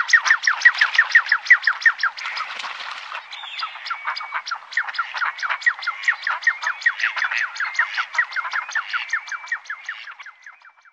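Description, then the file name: Common shelduck calling: a rapid, overlapping series of short downslurred notes, fading toward the end, with a brief harsher burst early on. "Gravand"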